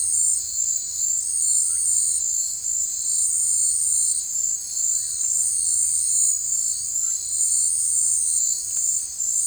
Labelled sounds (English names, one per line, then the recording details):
none
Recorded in forest near Pivijay, Magdalena, Colombia, on 15 April 2023 at 19:00
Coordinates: 10.467, -74.380
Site Z5-G034